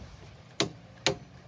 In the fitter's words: And we're going to torque it till it clicks.